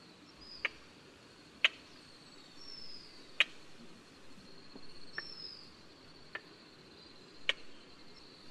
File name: 灰腳秧雞